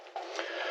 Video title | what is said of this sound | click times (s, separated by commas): 02S 6 speed into 02J--Final assembly! | and over, that nice satisfying snap. That's reverse. | 0.4 s